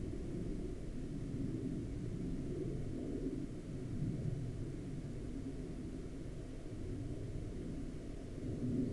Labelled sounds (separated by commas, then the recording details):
aircraft
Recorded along the Dempster Highway, Canada, on 21 May 2020 at 10:16
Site 11